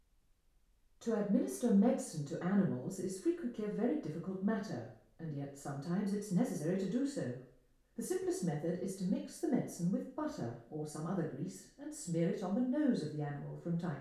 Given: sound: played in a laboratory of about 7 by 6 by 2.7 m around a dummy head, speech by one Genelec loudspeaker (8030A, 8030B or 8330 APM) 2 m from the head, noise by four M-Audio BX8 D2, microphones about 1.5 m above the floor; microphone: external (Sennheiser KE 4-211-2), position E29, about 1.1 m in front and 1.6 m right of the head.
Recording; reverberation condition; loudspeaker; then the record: female speech in English; medium; 90 degrees to the right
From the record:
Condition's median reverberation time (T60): about 510 ms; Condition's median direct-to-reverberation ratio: about -0.5 dB